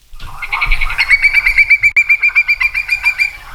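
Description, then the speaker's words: Hudsonian whimbrel call: a rapid, even series of whistled piping notes, many in quick succession. Played in a radio report; a species in decline. "That is the call of a whimbrel, and if it sounds familiar, don't be surprised if you see shorebird scientists mulling around your backyard or trudging through your local salt marsh next week."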